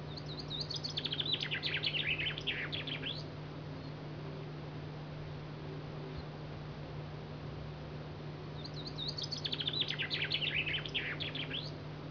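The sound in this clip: Madeira chaffinch singing two descending phrases of about three seconds each, several seconds apart, over a steady low hum.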